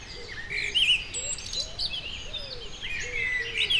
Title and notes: Rue Jacques Cartier 73100 Aix-les-bains France - merles du matin. Près du Sierroz le chant matinal des merles, passage de goelands , puis pigeons ramiers